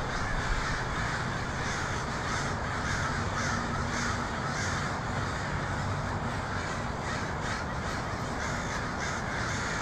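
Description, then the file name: Many crows cawing together, hoarse calls blending into a continuous chatter over a low droning background. Crows in Portland (pdx), 23 October 2018. "pdx crows 2018-10-23"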